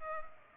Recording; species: mosquito wingbeat signal from an infrared sensor; Culex pipiens